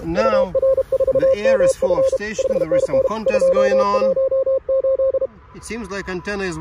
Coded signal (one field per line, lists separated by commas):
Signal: Morse code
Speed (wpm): 32 wpm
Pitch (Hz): 530 Hz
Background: speech, radio noise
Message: UR4MF 5NN 218